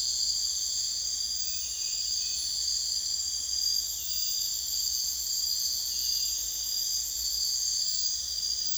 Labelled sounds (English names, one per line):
none